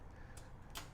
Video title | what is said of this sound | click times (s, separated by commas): Fisker Ocean - 3D Multi-Function Step Ladder | you need to just push it up so that it will lock into place | 0.4 s